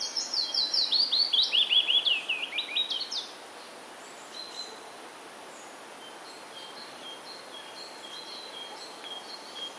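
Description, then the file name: Willow warbler singing one clear, descending cascade of whistled notes lasting about three seconds, then quiet apart from faint high notes. Recorded on 19 May 2020. "piecuszek 19 05 2020"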